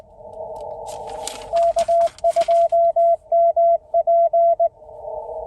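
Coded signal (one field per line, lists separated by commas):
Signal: Morse code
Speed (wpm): 19 wpm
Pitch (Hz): 690 Hz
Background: none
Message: K2MP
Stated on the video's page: CW/Morse parks on the air (POTA) activation from a mobile station with a guyed HF mobile antenna, parked in a state forest parking lot.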